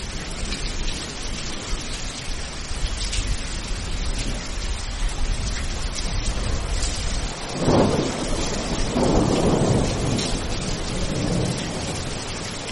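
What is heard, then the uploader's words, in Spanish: Steady, dense rain hisses across the whole clip with a constant wash of drops. Low thunder rumbles in near the middle, swelling in bursts around eight and again from nine to eleven seconds before easing back under the rain. Sonido De Lluvia.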